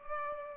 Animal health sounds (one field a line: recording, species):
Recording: mosquito wingbeat signal from an infrared sensor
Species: Culex pipiens